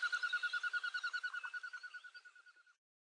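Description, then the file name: Common goldeneye: a rapid pulsed whistling series, steady in pitch, gradually fading away over nearly three seconds before silence. "gagol"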